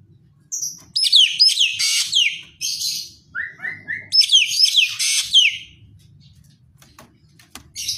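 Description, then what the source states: Green magpie song: bursts of rapid, descending high whistled notes repeated in runs, with a short series of lower, even whistles between bursts. Described as gacor, meaning singing vigorously.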